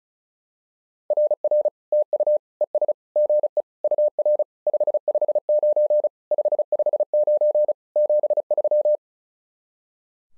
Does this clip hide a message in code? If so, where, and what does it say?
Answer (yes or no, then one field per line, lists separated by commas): yes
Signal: Morse code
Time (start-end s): 1.1-9.0 s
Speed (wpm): 34 wpm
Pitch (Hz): 600 Hz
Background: none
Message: RR TU ES GE UR 559 559 73